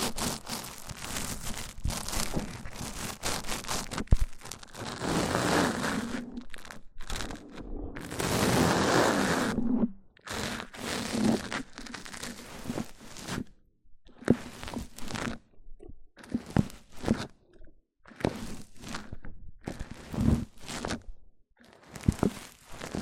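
Mic-on-mic triggers: crunchy, scratchy rubbing sounds in dense bursts, with a busy stretch for the first ten seconds. After that the sound breaks into separate strokes and swipes with short silent gaps between them. A low hum runs underneath much of it.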